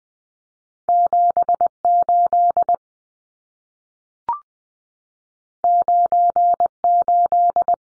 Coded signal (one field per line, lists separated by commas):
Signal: Morse code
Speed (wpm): 20 wpm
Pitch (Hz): 700 Hz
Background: none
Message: 78 98